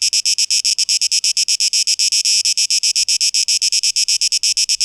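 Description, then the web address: Cicada song of fast, clipped, high rasping pulses repeated several times a second. 12 August 2023; tape echo mix. "rauschpartikel 2023-08-12 Zikaden"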